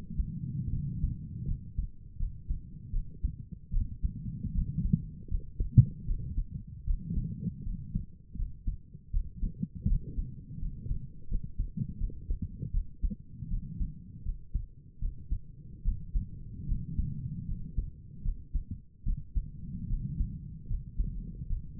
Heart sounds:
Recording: heart sounds by stethoscope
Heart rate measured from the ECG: 78 bpm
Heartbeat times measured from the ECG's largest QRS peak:
0.71 s: heartbeat
1.46 s: heartbeat
2.18 s: heartbeat
2.92 s: heartbeat
3.72 s: heartbeat
4.54 s: heartbeat
5.30 s: heartbeat
6.07 s: heartbeat
6.86 s: heartbeat
7.65 s: heartbeat
8.37 s: heartbeat
9.12 s: heartbeat
9.87 s: heartbeat
10.61 s: heartbeat
11.29 s: heartbeat
11.99 s: heartbeat
12.73 s: heartbeat
13.50 s: heartbeat
14.24 s: heartbeat
15.00 s: heartbeat
15.84 s: heartbeat
16.68 s: heartbeat
17.47 s: heartbeat
18.24 s: heartbeat
19.05 s: heartbeat
19.89 s: heartbeat
20.69 s: heartbeat
21.48 s: heartbeat
From the record:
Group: healthy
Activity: rest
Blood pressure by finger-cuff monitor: 90/61 mmHg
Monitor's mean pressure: 68 mmHg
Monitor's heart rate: 79 bpm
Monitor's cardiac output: 5.9 L/min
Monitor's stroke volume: 76 mL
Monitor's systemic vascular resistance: 850 dyn s/cm5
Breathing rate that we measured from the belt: 18 breaths a minute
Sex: female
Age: 22 years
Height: 163 cm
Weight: 67.1 kg

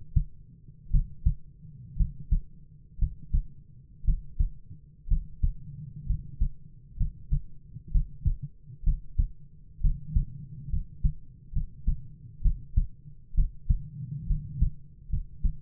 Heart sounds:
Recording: heart sounds by stethoscope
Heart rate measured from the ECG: 63 bpm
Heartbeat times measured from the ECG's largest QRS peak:
0.90 s: heartbeat
1.96 s: heartbeat
2.98 s: heartbeat
4.04 s: heartbeat
5.07 s: heartbeat
6.06 s: heartbeat
6.96 s: heartbeat
7.91 s: heartbeat
8.83 s: heartbeat
9.80 s: heartbeat
10.69 s: heartbeat
11.52 s: heartbeat
12.41 s: heartbeat
13.34 s: heartbeat
14.26 s: heartbeat
15.09 s: heartbeat
From the record:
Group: healthy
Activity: rest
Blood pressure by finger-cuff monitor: 101/52 mmHg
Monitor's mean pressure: 64 mmHg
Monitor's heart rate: 62 bpm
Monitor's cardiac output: 7.2 L/min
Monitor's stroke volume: 116 mL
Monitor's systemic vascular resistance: 620 dyn s/cm5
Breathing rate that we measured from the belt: 14 breaths a minute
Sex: male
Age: 22 years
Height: 185 cm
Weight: 112.4 kg

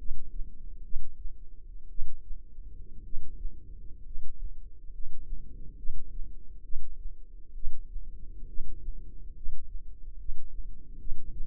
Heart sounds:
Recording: heart sounds by microphone in the left ear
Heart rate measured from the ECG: 65 bpm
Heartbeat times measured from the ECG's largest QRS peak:
0.83 s: heartbeat
1.89 s: heartbeat
3.03 s: heartbeat
4.03 s: heartbeat
4.91 s: heartbeat
5.76 s: heartbeat
6.63 s: heartbeat
7.54 s: heartbeat
8.47 s: heartbeat
9.34 s: heartbeat
10.17 s: heartbeat
10.98 s: heartbeat
From the record:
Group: healthy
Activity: rest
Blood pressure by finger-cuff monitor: 144/63 mmHg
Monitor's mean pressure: 84 mmHg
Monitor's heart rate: 69 bpm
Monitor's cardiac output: 7.1 L/min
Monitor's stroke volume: 105 mL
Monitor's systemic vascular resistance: 860 dyn s/cm5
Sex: male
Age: 25 years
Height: 170 cm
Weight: 70.4 kg

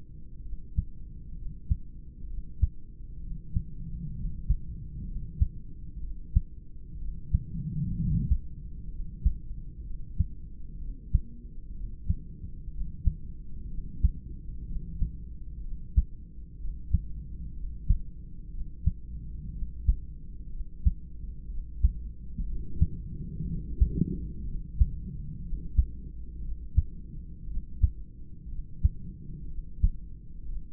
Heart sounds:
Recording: heart sounds by stethoscope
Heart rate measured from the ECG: 62 bpm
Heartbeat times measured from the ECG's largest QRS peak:
0.42 s: heartbeat
1.35 s: heartbeat
2.26 s: heartbeat
3.20 s: heartbeat
4.13 s: heartbeat
5.05 s: heartbeat
6.00 s: heartbeat
6.98 s: heartbeat
7.94 s: heartbeat
8.89 s: heartbeat
9.83 s: heartbeat
10.78 s: heartbeat
11.73 s: heartbeat
12.70 s: heartbeat
13.67 s: heartbeat
14.65 s: heartbeat
15.61 s: heartbeat
16.58 s: heartbeat
17.53 s: heartbeat
18.51 s: heartbeat
19.52 s: heartbeat
20.50 s: heartbeat
21.48 s: heartbeat
22.46 s: heartbeat
23.45 s: heartbeat
24.45 s: heartbeat
25.42 s: heartbeat
26.41 s: heartbeat
27.47 s: heartbeat
28.48 s: heartbeat
29.48 s: heartbeat
30.45 s: heartbeat
From the record:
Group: heart failure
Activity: rest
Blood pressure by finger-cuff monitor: 108/73 mmHg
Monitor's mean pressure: 85 mmHg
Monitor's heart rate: 62 bpm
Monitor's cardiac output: 3.7 L/min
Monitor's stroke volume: 59 mL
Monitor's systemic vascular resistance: 1710 dyn s/cm5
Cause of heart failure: idiopathic cardiomyopathy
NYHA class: 2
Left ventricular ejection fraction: 17%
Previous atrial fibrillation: present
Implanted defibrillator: present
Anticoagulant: edoxaban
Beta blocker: bisoprolol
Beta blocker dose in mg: 7.5 twice daily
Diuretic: furosemide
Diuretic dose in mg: 20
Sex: male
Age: 63 years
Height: 160 cm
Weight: 69 kg

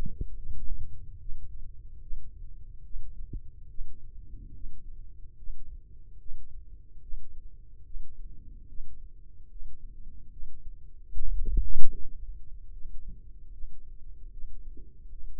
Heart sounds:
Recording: heart sounds by microphone in the left ear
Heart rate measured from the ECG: 73 bpm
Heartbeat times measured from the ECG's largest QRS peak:
0.37 s: heartbeat
1.20 s: heartbeat
2.01 s: heartbeat
2.85 s: heartbeat
3.70 s: heartbeat
4.54 s: heartbeat
5.38 s: heartbeat
6.20 s: heartbeat
7.02 s: heartbeat
7.85 s: heartbeat
8.69 s: heartbeat
9.50 s: heartbeat
10.32 s: heartbeat
11.13 s: heartbeat
11.94 s: heartbeat
12.73 s: heartbeat
13.53 s: heartbeat
14.33 s: heartbeat
15.12 s: heartbeat
From the record:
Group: healthy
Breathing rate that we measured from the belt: 16 breaths a minute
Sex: male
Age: 55 years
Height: 167 cm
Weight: 57.2 kg

